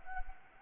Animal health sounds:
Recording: mosquito wingbeat signal from an infrared sensor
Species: Anopheles arabiensis

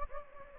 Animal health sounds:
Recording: mosquito wingbeat signal from an infrared sensor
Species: Anopheles gambiae

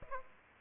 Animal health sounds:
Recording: mosquito wingbeat signal from an infrared sensor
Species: Aedes aegypti

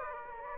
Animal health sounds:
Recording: mosquito wingbeat signal from an infrared sensor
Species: Aedes aegypti

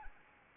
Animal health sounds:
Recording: mosquito wingbeat signal from an infrared sensor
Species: Anopheles arabiensis

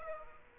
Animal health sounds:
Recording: mosquito wingbeat signal from an infrared sensor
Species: Aedes aegypti

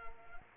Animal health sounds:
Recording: mosquito wingbeat signal from an infrared sensor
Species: Culex quinquefasciatus

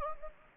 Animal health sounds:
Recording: mosquito wingbeat signal from an infrared sensor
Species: Anopheles gambiae

